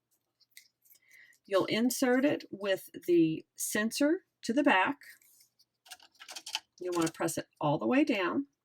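A plastic blade adapter is handled and pressed all the way down into tool holder one of a Silhouette Cameo 4 cutting machine, with the lever pulled out and the sensor facing the back. Someone talks throughout, with a few faint handling ticks around 5.9 to 6.6 seconds. Nothing has seated or clicked yet, and the lever has not been pushed in to lock the adapter.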